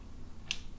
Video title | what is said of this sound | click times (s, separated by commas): Casio Royale AE1200WH Battery Replacement | Now, what I want to do is to close the watch battery cage and I'm going to hear a snap when the clip is going to go in its position. | 0.5 s